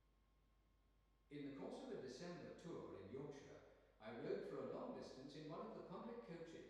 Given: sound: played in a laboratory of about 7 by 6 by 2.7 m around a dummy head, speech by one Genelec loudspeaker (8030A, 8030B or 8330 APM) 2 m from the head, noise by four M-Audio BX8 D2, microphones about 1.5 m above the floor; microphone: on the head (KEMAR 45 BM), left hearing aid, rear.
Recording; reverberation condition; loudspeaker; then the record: male speech in English; high; 120 degrees to the right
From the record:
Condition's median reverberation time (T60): about 1300 ms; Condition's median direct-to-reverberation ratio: about -4.0 dB